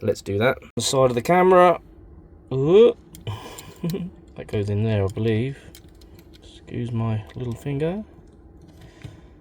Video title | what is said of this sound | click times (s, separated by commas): 70mai 4K Dash Cam A810S Review - Hardwired to Leisure Battery (Campervan Install) and FULL REVIEW | There you go, it clicks in. It gave a little clicky noise. | 9.0 s